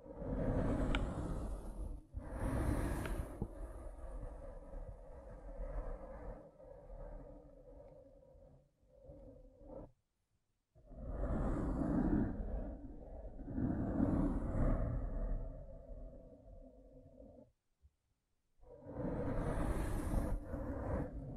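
Rough brain cleaning and picking: thick, wet, rumbling scraping and squelching in long dense passages, with brighter hissing surges near 3, 12, 14 and 20 seconds. Two short silences break it up, around 9–11 seconds and again near 18 seconds.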